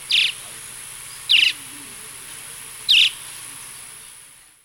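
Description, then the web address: Gray-breasted Martin giving three short, bright chirped calls, spaced about one to one and a half seconds apart, over a steady faint hiss. Recorded in the eastern lowlands of South America. "Natures Songs S America Eastern Lowlands. Gray-breasted Martin"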